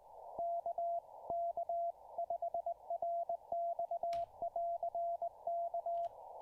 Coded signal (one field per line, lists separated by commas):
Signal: Morse code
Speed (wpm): 20 wpm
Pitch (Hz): 680 Hz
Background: radio noise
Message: K K 5RX <AR> K